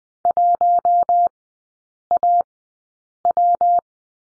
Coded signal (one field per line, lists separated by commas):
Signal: Morse code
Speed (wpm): 20 wpm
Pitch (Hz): 700 Hz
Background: none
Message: 1AW